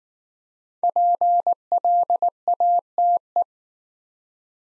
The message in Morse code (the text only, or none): PLATE